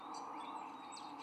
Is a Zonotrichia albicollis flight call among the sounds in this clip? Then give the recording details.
no. No flight call is heard. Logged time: 12:05 on 5 December 2014